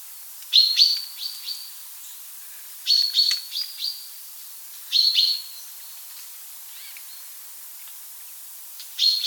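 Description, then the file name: Common chaffinch giving bursts of several rapid, bright high notes, each burst about two to four seconds apart, with quiet gaps between. "buchfinke"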